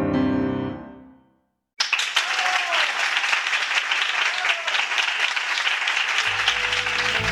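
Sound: audience applause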